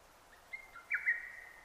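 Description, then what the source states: Lesser cuckoo song fragment: a short run of sharp whistled notes that ends in a longer, level whistle, over light background hiss. 6 June 2009.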